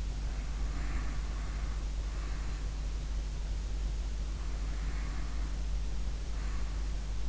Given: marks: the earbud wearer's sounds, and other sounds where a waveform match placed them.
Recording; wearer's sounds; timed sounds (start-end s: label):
sounds in sleep by an in-ear microphone; breath
0.30-2.86 s: breath
4.41-6.86 s: breath